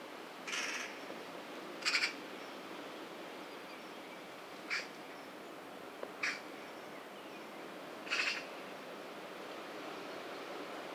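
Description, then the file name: Eurasian magpie giving five harsh, rasping calls, spaced one to three seconds apart, against a quiet hiss. "Pica pica"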